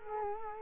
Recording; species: mosquito wingbeat signal from an infrared sensor; Culex quinquefasciatus